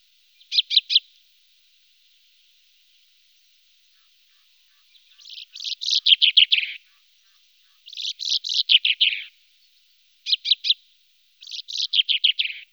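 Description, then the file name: Common chaffinch song: a brief burst of notes, then four descending rattled phrases, most over a second long and one much shorter, separated by short silences. Recorded in a wetland area at Sissonne. "Pinson des arbres"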